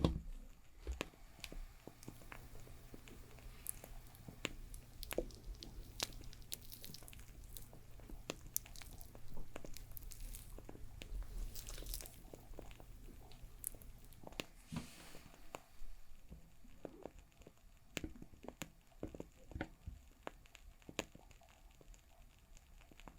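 Crackling fire sounds: a dense, irregular run of sharp snaps and pops continues throughout, with louder bursts clustering around the 11–12 second mark and again near 15 seconds. A low steady hum sits underneath for the first fourteen seconds, then drops away.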